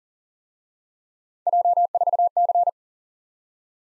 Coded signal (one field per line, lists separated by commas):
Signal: Morse code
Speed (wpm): 46 wpm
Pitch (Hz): 700 Hz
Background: none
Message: J4C